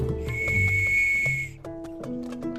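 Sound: person whistling a tune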